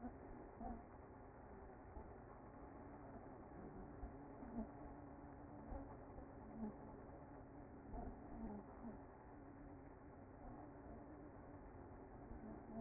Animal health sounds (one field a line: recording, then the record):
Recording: honeybee colony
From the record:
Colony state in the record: active